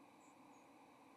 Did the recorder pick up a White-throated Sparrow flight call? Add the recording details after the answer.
yes. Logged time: 07:01 on 30 October 2014